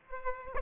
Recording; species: mosquito wingbeat signal from an infrared sensor; Aedes aegypti